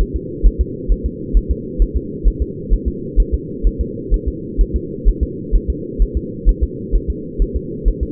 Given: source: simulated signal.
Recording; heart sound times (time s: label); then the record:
fetal heart sounds
0.01 s: S1
0.16 s: S2
0.47 s: S1
0.61 s: S2
0.92 s: S1
1.06 s: S2
1.37 s: S1
1.51 s: S2
1.82 s: S1
1.97 s: S2
2.27 s: S1
2.42 s: S2
2.73 s: S1
2.88 s: S2
3.20 s: S1
3.34 s: S2
3.67 s: S1
3.81 s: S2
4.14 s: S1
4.28 s: S2
4.61 s: S1
4.76 s: S2
5.08 s: S1
5.23 s: S2
5.55 s: S1
5.70 s: S2
6.02 s: S1
6.17 s: S2
6.49 s: S1
6.63 s: S2
6.95 s: S1
7.10 s: S2
7.42 s: S1
7.56 s: S2
7.88 s: S1
8.03 s: S2
From the record:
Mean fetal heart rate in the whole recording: 130 bpm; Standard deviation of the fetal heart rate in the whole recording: 2 bpm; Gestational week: 36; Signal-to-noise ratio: -4.1 dB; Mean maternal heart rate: no maternal heart sound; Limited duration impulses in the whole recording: absent